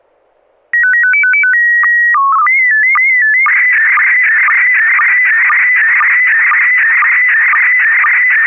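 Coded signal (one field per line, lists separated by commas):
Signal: SSTV (slow-scan television)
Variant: PD 120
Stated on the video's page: Weekly SSTV net on a 441.30 MHz FM repeater, images sent with MMSSTV software.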